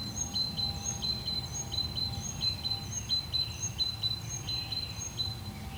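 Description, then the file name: Great tit song: sharp high notes repeated in a steady pulse, with fainter thin notes above, over a low rumbling background. "Parus major"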